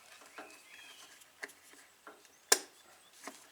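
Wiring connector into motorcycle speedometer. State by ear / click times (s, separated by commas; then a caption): seated / 2.5 s. The speedometer wiring connector on a 2010 Kawasaki Vulcan 900 Classic, plugged back into the gauge during speedo lens cleaning, only fits one way and is pushed in until it latches. Soft scattered taps and rustles, including a sharper tick at 1.4 s, lead to one loud, sharp click at 2.5 s. The connector is seated.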